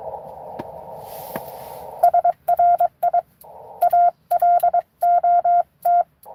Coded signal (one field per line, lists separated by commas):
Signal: Morse code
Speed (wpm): 22 wpm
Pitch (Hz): 700 Hz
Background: none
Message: SRI A LOT